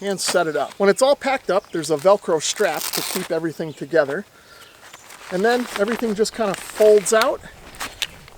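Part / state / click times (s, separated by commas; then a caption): folding leg frame locking into the chair's open position / seated / 8.0 s. A man talks while unfolding an MTRVR heavy-duty packable, foldable camping chair, its metal leg frame opening out with soft rustling. At 8.0 s a sharp click is heard as the legs lock into place in the open position.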